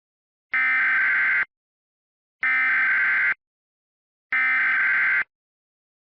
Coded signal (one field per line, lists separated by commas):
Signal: Emergency Alert System (SAME) tones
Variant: header bursts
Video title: EAS Scenario - The USA's Self-Demise